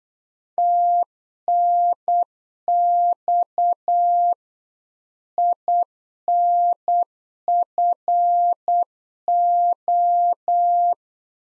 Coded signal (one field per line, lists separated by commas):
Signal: Morse code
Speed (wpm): 8 wpm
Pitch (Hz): 700 Hz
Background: none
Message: TNX INFO